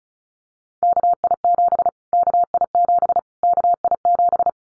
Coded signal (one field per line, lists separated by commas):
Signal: Morse code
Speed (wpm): 34 wpm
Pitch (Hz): 700 Hz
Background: none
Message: KI7 KI7 KI7